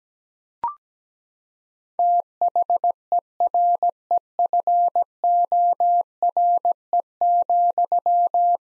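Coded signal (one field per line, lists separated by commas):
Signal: Morse code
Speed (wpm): 17 wpm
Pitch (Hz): 700 Hz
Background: none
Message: THEREFORE,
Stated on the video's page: Morse practice at 17 wpm, sentences built from the top 1000 words, each sent, spoken, then sent again for head-copy.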